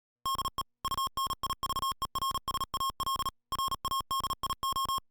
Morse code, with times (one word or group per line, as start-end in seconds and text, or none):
0.3-0.6 DE
0.8-3.3 UNIVERSAL
3.5-5.0 RADIO